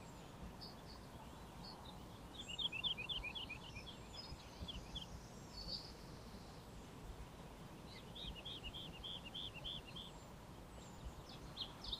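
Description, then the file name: Eurasian blackcap song: two bursts of rapid, high, varied warbling notes separated by a pause of several seconds, over a steady low rumble of background noise. "Sylvia atricapilla"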